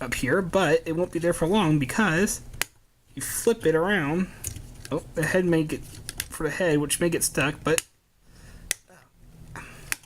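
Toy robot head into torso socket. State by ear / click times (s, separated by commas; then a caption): seated / 9.6 s, 9.9 s. Someone talks while the plastic head of a Transformers Combiner Wars Voyager Class Optimus Prime toy is flipped around and pressed into its torso socket. Sharp clicks are heard at 9.6 and 9.9 seconds as the head seats into place.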